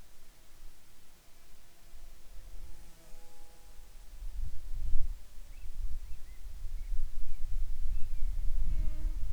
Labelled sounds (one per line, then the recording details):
bird
wind
insects
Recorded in the Arctic National Wildlife Refuge, Alaska, on 10 July 2019 at 18:07
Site 44